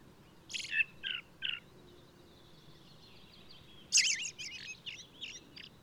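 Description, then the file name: Ring ouzel song: three short, high scratchy notes, then after a thin faint whistle a fast twittering burst of mixed notes around four seconds in. Singing male of the alpine subspecies alpestris, recorded 22 May 2018 at Důl Bílého Labe in the Krkonoše mountains, Czech Republic. "180522 BIO rouz-alpestris-1-M-S cz dul-bileho-labe"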